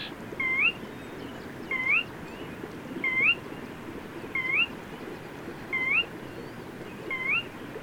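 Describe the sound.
Bird repeating a bright upward-sweeping whistle six times at a steady pace of about one every 1.3 seconds, over background noise.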